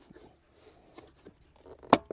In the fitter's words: oh there we go okay it locked in you heard that click so it's locked in